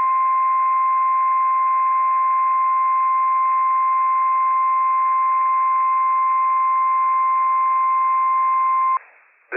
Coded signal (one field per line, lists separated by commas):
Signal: Emergency Alert System (SAME) tones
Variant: 1050 Hz attention tone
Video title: I'm Back! - WWF56 Required Weekly Test from NWS Pendleton, Oregon - EAS #317 - 10:33 AM PDT 8/30/23